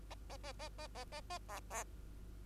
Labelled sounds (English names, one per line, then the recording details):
Bengalese Finch song
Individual Bird2